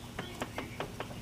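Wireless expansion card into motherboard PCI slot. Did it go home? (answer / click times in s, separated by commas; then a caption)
no / none. A wireless expansion card, its tabs lined up, is gently pushed toward a motherboard PCI slot, producing a quick series of five light, evenly spaced handling taps over a faint steady hiss. Nothing has seated or clicked into the slot yet.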